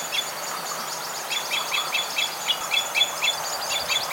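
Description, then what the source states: Red crossbill calls: many quick repeated notes, some partly overlapping, against a noisy background. Red crossbill of call type E.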